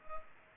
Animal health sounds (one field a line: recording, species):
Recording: mosquito wingbeat signal from an infrared sensor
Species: Culex pipiens